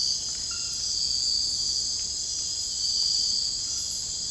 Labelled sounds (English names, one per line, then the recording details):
none
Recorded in dense forest near Puerto Asís, Putumayo, Colombia, on 19 February 2024 at 03:00
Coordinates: 0.485, -76.325
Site G6429